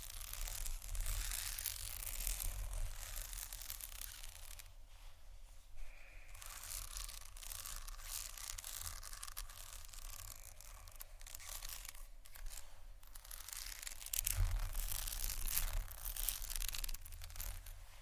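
Fast tapping and scratching forms a dense, rough, crackly texture that runs the whole time with only brief thinner moments around 5 and 12 seconds. A low steady rumble sits underneath, and a sharper, louder burst stands out near 14 seconds.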